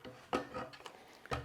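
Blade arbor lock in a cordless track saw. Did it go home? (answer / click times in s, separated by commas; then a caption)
no / none. Someone presses down the blade arbor lock on a cordless track saw during a blade change, making short rubbing and scraping handling noises with a few light, sharp taps, the loudest near the end. The lock has not clicked into place yet; nothing has seated.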